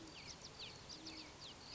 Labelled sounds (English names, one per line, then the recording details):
Great Horned Owl
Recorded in Sonoma County, California